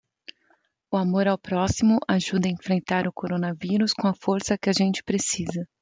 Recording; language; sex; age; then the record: spoken sentence; Brazilian Portuguese; female; 20 to 29 years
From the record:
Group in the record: control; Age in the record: 29 years